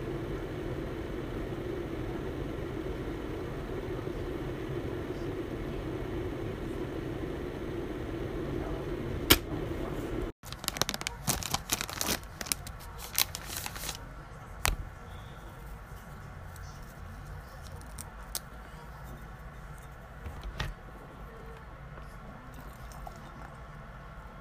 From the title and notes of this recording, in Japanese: 紅茶を淹れる。砂糖を入れてよく溶かして。